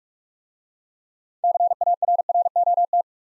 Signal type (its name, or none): Morse code